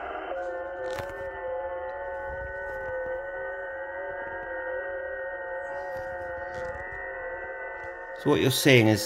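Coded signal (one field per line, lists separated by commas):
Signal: FT8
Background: speech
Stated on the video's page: FT8 via Yaesu FT-710 and an Android phone running FT8-CN, coupled by VOX without cables.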